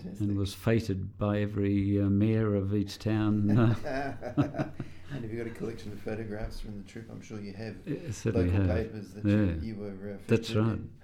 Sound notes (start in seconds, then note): 3.4 laughs; 10.8 laughs